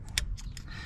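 On a 1989 Suburban squarebody steering column, during a turn signal cam and wiring harness replacement to fix intermittent brake lights, a small retaining ring is pushed onto the steering shaft behind the lock plate with the lock plate compressor. A faint tick at 0.1 s is followed by a sharp metallic click at 0.2 s as the ring snaps into its groove, then a lighter tap at 0.6 s. The ring is confirmed seated and the compressor is released.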